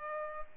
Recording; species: mosquito wingbeat signal from an infrared sensor; Culex pipiens